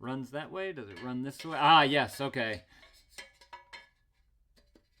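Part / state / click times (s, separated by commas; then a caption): tool hook into wall-mounted rail / seated / 3.7 s. A steel tool hook is fitted onto an all-metal wall rail, its tabs hooking over the curved top and bottom channels. Someone talks, then light metallic clinks follow, and the hook seats with a sharp metallic clink at 3.7 s, locking into place on the rail.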